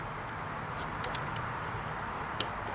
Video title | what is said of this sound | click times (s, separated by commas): Creality CR10s Pro V2 3D Printer Unboxing, Setup, and First Impressions! | that'll click in place as well and boom | 2.4 s